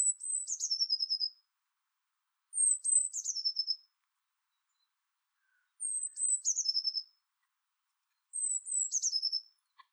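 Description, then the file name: Eurasian blue tit calling four times, each a high thin note dropping into a rapid buzzy trill, repeated every few seconds. "Cyanistes caeruleus"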